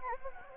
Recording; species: mosquito wingbeat signal from an infrared sensor; Anopheles gambiae